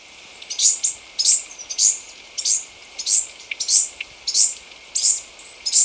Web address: Natures Songs S America Birds of Ecuador 3 Citrine Warbler